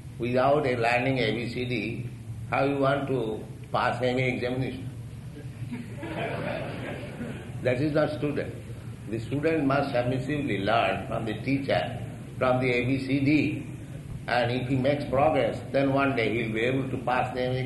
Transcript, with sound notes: Without a learning A-B-C-D, how you want to pass M.A. examination? [laughter] That is not student. The student must submissively learn from the teacher, from the A-B-C-D, and if he makes progress, then one day he will be able to pass the M.A.